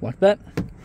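A removable rear-seat headrest that had been popped out of a 2020 Toyota RAV4 Hybrid GXL AWD is handled and pushed back toward its seatback mounts while someone talks. Short bursts of voice and handling noise are heard, and nothing has seated or clicked yet.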